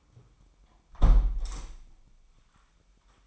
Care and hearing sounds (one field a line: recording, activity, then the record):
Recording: daily activity, microphone in the room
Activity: close window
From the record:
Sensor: 1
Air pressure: 998.5 hPa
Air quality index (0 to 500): 141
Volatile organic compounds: 4 ppm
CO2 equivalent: 1700 ppm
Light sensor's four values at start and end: 17/42/18/22 and 16/40/17/20